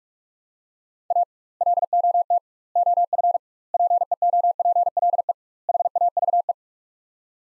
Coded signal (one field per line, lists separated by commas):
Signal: Morse code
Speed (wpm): 43 wpm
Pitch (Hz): 700 Hz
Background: none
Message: A LOT OF PEOPLE HAVE